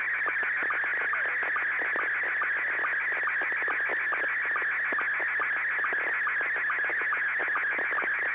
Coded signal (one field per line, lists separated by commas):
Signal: SSTV (slow-scan television)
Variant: Scottie 1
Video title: N6NA SSTV Net - 11/19/2025